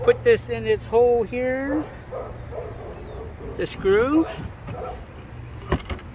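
Someone talks while the start of a 6 or 8 inch wire mesh is put into a hole on a Slicktool mesh machine and a retaining screw in the wire mesh roll holder is handled. A few short sharp sounds come through, the loudest near the end at about 5.7 and 5.9 seconds. Nothing has seated or clicked into place yet.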